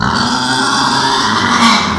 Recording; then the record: squeal of a Yucatan mini pig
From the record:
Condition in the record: after surgery on the right vocal fold (resection and tissue-engineered implant); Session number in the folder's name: 16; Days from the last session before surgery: 183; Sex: female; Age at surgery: 19 weeks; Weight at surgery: 25 kg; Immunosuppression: prednisolone